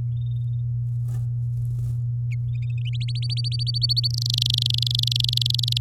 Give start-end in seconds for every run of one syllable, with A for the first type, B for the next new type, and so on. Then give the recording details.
2.85-4.08 A, 4.10-5.78 B. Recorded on 10 May 2018 at 07:08. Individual llb16